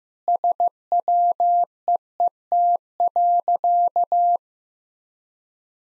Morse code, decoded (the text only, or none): SWEET.